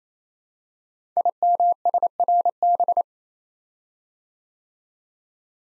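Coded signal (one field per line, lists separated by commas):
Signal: Morse code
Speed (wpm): 29 wpm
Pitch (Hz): 700 Hz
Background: none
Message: IMSRB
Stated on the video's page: Morse code practice drill of five-letter code groups at 28 wpm, each group sent, spoken, then sent again.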